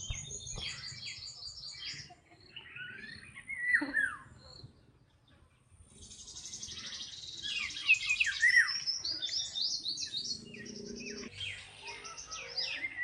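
Bird song in long high trilled phrases and downslurred whistles, with a quieter gap near five seconds before a busy, rapid twittering resumes.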